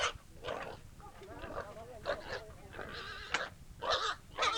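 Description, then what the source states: Pig giving short, quiet squeals in quick irregular bursts, roughly two each second. Barnyard scene.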